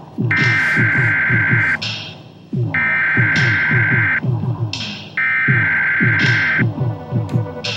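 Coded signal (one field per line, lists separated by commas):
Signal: Emergency Alert System (SAME) tones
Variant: header bursts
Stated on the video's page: Emergency Broadcast System intro sampled on a music cassette track.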